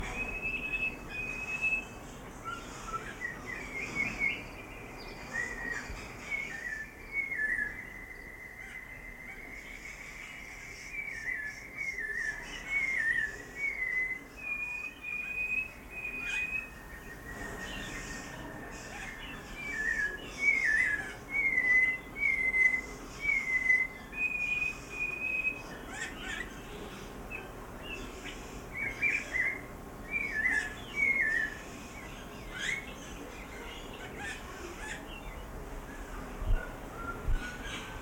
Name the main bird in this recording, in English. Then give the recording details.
Snowy-crowned Robin-Chat. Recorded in captivity. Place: Zoo Berlin, Berlin, DE. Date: 1992-07-11 10:38. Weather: bedeckt, z.T. Regen, 17-22°C. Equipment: Marantz CP 430, Sennheiser ME 80, Kopie Tesla B 116. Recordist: Tembrock, Günter. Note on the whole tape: "Gesang" - komplexe Lautfolgen, Abstand ca. 1,5m